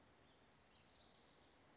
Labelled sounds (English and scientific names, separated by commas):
Wilson's Warbler (Cardellina pusilla)